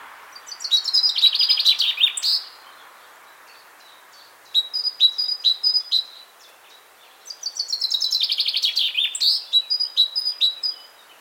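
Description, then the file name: Great tit giving bursts of dense, buzzy chattering notes around high pitch, then runs of short, repeated sharp two-part notes, with quiet pauses between phrases. "Parus major"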